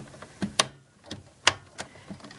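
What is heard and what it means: A second DDR2 memory stick is pressed with light pressure into the third DIMM slot of a motherboard. Soft handling ticks lead to two sharp clicks at 0.6 s and 1.5 s as it locks into place, and the module is seated.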